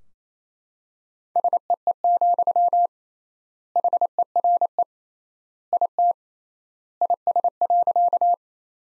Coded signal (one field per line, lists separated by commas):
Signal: Morse code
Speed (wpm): 28 wpm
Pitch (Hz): 700 Hz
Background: none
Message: SEE, HERE IT IS.